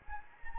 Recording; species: mosquito wingbeat signal from an infrared sensor; Anopheles gambiae